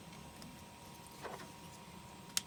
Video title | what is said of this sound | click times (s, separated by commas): Huxter Labs Aerial Recon Mk23 Assembly | and sometimes you'll hear a snap but if you hear that snap you know you've got it | 2.4 s